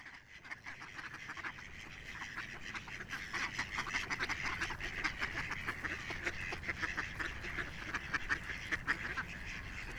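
Ducks quacking, a busy flock whose overlapping nasal quacks start softer and build in strength throughout.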